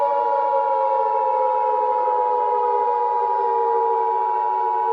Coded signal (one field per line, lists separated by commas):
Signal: Emergency Alert System (SAME) tones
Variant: 853 and 960 Hz attention tone